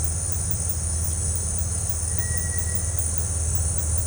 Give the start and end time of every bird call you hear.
[2.08, 2.88] bird call

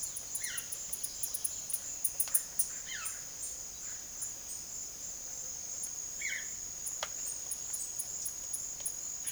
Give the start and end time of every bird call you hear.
[0.00, 4.69] bird call
[5.76, 9.32] bird call

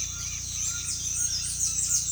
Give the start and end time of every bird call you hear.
[0.00, 2.11] bird call

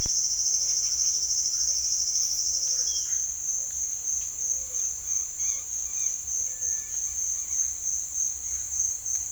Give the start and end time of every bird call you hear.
[0.00, 7.85] bird call

